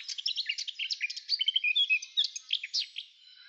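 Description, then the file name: Eurasian blackcap warbling continuously, a dense run of rapid, scratchy and twittering notes with a few brighter accented phrases throughout. "Sylvia atricapilla"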